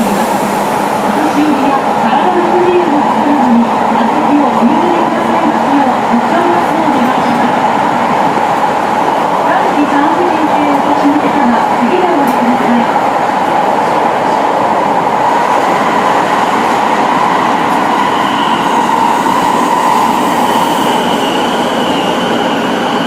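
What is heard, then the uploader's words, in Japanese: Running sound from inside an Osaka subway train on the Imazatosuji line: a steady, dense rumble with a constant mid-pitched whine. A voice speaks from the start until about thirteen seconds, then the ride continues alone, with a faint high tone emerging near the end. 大阪市営地下鉄時代の今里筋線の全区間走行音。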